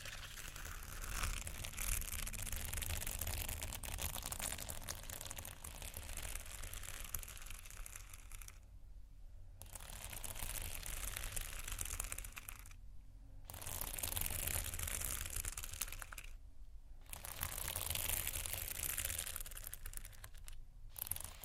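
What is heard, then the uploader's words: Slow, deep, soft scratching fills the clip as a dense, rustly texture with a steady low rumble beneath. The scratching pauses briefly about four times, near 9, 13, 17 and 21 seconds, leaving only the low hum before resuming at a similar level. Slow, Deep & Soft Scratching (No Talking).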